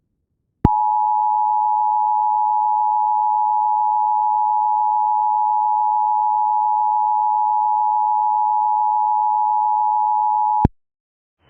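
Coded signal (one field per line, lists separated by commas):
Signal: Emergency Alert System (SAME) tones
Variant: 853 and 960 Hz attention tone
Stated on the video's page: Fictional scenario using valid tones, made for entertainment.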